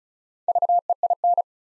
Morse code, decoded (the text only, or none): VEIN